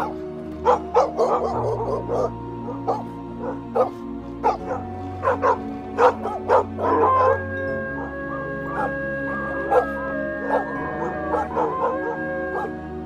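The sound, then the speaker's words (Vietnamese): A pack of dogs bark over one another at night as if in pursuit, a continuous, overlapping chorus of sharp yaps and deeper woofs, with some whimpering mixed in, while a low steady hum runs beneath. “Đằng sau là tiếng của bầy chó cứ thế sủa lên như đang truy đuổi.”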